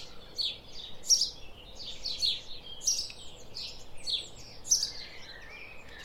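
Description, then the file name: House sparrow chirps, several short bright notes repeated irregularly, with a steady low background hiss. "Passer domesticus"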